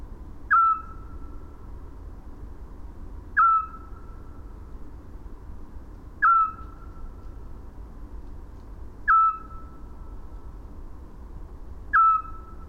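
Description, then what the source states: Eurasian scops owl giving short, mellow whistled notes, evenly repeated about every three seconds, five calls in all, over a steady low background hum. Recorded at Landshut, Germany, on 5 May 2018.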